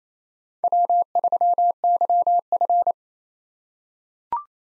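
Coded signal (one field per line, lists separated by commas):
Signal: Morse code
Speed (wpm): 28 wpm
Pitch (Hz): 700 Hz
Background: none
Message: W3YF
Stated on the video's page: Head-copy drill of 4-character USA call signs at 28 wpm with Farnsworth 3x character spacing, each sent, spoken, then sent again.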